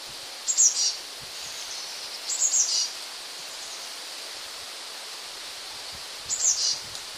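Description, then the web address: Eurasian blue tit song: three short, very high, slightly descending note clusters spaced a few seconds apart, over noticeable background hiss. "wroblowe kolekcja modraszka"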